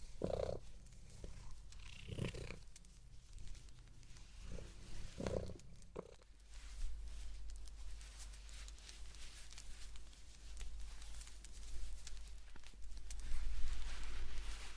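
Blanket knitting: low, muffled thumps and rubbing for the first six seconds, then a steady soft rustle dotted with light, scattered clicks.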